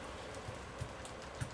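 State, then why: Not seated. An aftermarket aluminum RPP "Flyweight" loading gate spring is pushed with a regular screwdriver into the receiver of a Marlin lever-action rifle resting on a piece of leather on a table. Only a few faint, low taps, at about 0.5, 0.8 and 1.4 seconds, sound over a steady background hiss. The spring has not snapped into place yet, and nothing has seated or clicked.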